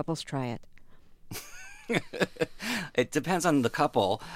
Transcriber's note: soundbite of laughter